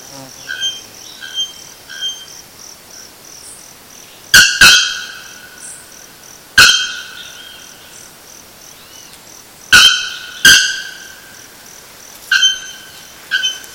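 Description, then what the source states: Bare-throated bellbird calling: soft repeated tonal notes early on, then loud clanging metallic strikes, often in close pairs. Recorded at Sítio Cachoeira, Mogi das Cruzes, São Paulo state, Brazil, on 7-2-15.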